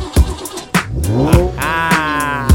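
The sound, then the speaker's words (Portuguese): A lowrider car engine revs up, its droning pitch climbing and holding high, while sharp percussive thumps punctuate it at irregular intervals. The sound is loud and steady. “Cê tá aqui pra assistir, vai subir no low, vai tremer no motor.”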